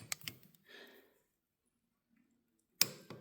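A click-type torque wrench set to 170 in-lbs tightens the caliper pin on the front brake of a Harley Davidson Sportster, with a few short ticks near the start and a faint, low murmur in between. The wrench breaks over with a loud, sharp click at 2.8 s, followed by a softer tick, and the pin is confirmed torqued.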